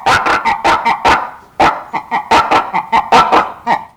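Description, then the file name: Red ruffed lemur quacking calls: loud, harsh, nasal bursts in rapid runs of several, a short pause in the first half, then another fast series. "Varecia rubra quacks"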